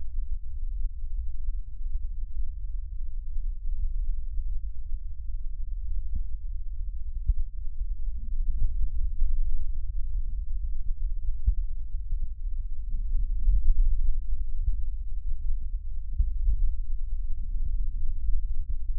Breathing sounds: lung sounds by stethoscope; left posterior basal chest; quiet breathing, then deep breathing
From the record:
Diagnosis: COPD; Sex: male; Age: 81 years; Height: 166 cm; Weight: 98.7 kg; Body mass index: 35.8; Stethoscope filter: bell mode

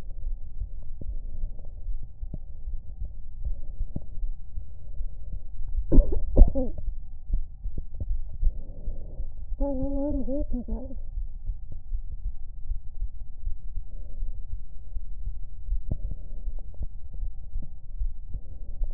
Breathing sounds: lung sounds by stethoscope; left anterior apical chest; quiet breathing, then cough and speech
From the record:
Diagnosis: interstitial lung disease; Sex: female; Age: 61 years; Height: 155 cm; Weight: 75.5 kg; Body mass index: 31.4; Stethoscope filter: extended mode

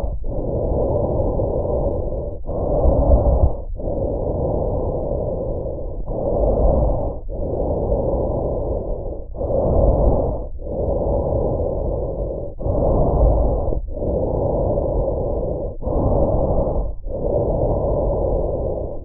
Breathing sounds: lung sounds by stethoscope; trachea; quiet breathing, then deep breathing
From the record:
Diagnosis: asthma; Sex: female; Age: 74 years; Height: 155 cm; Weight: 63 kg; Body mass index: 26.2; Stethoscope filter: extended mode

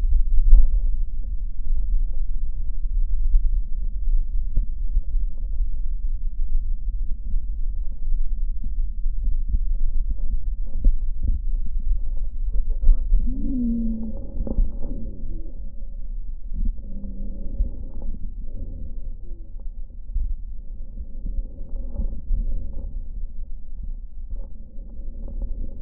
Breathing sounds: lung sounds by stethoscope; left posterior basal chest; quiet breathing, then deep breathing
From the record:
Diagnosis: pulmonary infection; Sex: male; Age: 74 years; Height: 171 cm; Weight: 80 kg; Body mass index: 27.4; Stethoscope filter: diaphragm mode

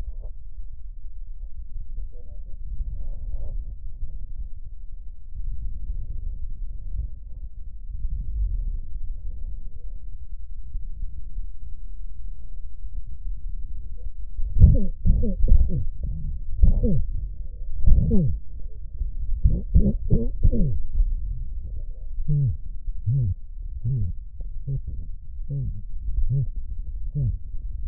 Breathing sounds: lung sounds by stethoscope; left posterior basal chest; quiet breathing, then cough and speech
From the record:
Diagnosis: COPD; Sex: male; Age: 70 years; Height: 170 cm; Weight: 74 kg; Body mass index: 25.6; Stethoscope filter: extended mode

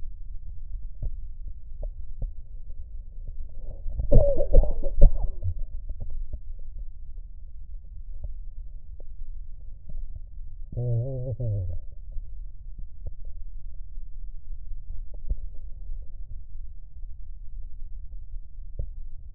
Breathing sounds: lung sounds by stethoscope; left posterior basal chest; quiet breathing, then cough and speech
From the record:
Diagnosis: interstitial lung disease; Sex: male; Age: 66 years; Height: 172 cm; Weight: 107.6 kg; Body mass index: 36.4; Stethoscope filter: extended mode

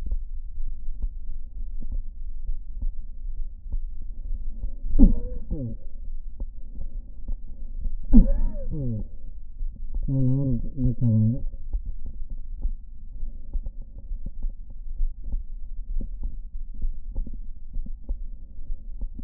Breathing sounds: lung sounds by stethoscope; left anterior apical chest; quiet breathing, then cough and speech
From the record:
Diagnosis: COPD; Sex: male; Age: 57 years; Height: 165 cm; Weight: 85.7 kg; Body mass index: 31.5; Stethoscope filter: diaphragm mode

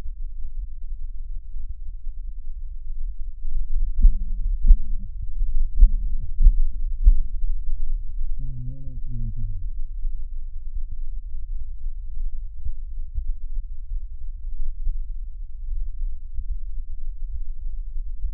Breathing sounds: lung sounds by stethoscope; left anterior apical chest; quiet breathing, then cough and speech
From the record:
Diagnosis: COPD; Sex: male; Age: 77 years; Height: 172 cm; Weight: 94 kg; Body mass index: 31.8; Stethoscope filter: bell mode

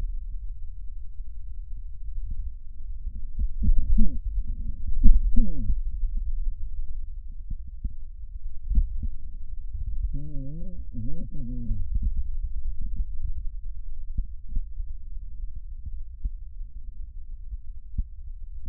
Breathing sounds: lung sounds by stethoscope; left posterior basal chest; quiet breathing, then cough and speech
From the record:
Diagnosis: interstitial lung disease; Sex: male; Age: 66 years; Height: 164 cm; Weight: 76.2 kg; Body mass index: 28.3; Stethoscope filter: bell mode

